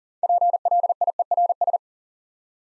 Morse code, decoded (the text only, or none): PLIERS